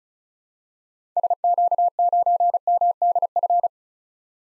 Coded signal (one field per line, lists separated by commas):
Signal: Morse code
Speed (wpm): 36 wpm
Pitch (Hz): 700 Hz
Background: none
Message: SQ9MDF